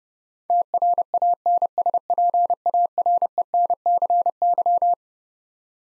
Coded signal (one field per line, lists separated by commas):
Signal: Morse code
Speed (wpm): 30 wpm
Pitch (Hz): 700 Hz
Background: none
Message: TRANSPARENCY